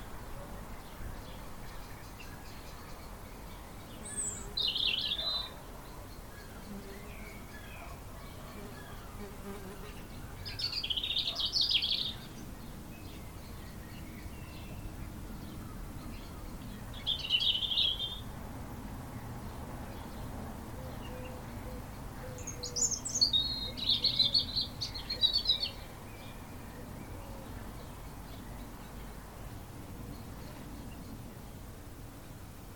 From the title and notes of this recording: I made the recordings on a walk from home on Udimore Road to the Rye Harbour Nature Reserve a few days ago. Recordings made around Rye. Mostly just the wildlife.